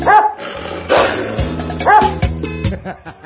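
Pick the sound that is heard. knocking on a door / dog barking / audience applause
dog barking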